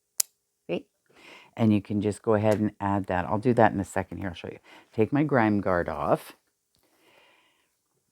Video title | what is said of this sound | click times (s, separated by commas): Visit 115 Cozy Autumn Crafting in Manitoba ❤️ #knittingpodcast #craftchat | that you're working on and then one and then this on the top and it just snaps together hear that I'll | 0.2 s